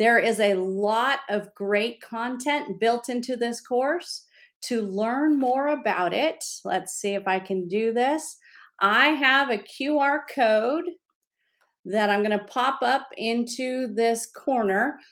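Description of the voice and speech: A woman speaks clearly and fluently in a quiet room, with a mid-pitched, steady voice, natural intonation and brief pauses between phrases. Articulation and voice quality are ordinary, with no repetitions, blocks or slurring: normal adult speech.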